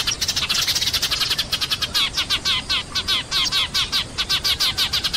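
Eurasian tree sparrow chirping: quick chattering notes at first, then a rapid run of evenly spaced, slightly slurred chirps.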